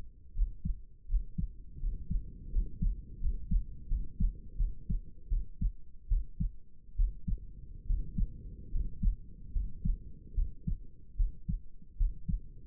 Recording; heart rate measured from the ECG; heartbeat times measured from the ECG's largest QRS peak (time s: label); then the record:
heart sounds by stethoscope; 77 bpm
0.34 s: heartbeat
1.07 s: heartbeat
1.79 s: heartbeat
2.51 s: heartbeat
3.20 s: heartbeat
3.88 s: heartbeat
4.57 s: heartbeat
5.28 s: heartbeat
6.08 s: heartbeat
6.96 s: heartbeat
7.86 s: heartbeat
8.71 s: heartbeat
9.52 s: heartbeat
10.34 s: heartbeat
11.16 s: heartbeat
11.97 s: heartbeat
From the record:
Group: healthy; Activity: rest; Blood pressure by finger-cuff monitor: 112/71 mmHg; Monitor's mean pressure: 82 mmHg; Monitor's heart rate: 80 bpm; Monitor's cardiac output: 6.2 L/min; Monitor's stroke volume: 78 mL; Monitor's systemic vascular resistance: 910 dyn s/cm5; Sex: male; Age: 35 years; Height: 180 cm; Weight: 86.9 kg